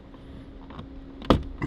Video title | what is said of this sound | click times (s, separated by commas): Lexus GX 460 Radio Removal | pops right out and it slides right out okay as you can see right there | 1.3 s